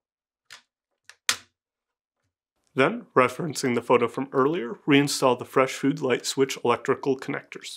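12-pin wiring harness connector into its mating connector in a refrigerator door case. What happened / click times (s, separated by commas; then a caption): The multi-pin connector snapped home / 1.3 s. A 12-pin plastic wiring-harness connector is pressed into its mating connector in a GE refrigerator door case while replacing door case wiring harness part WR23X10777. Two faint taps at about 0.5 s and 1.1 s lead to one sharp, loud snap at 1.3 s as the connector seats. Someone then talks from about 2.7 s to the end.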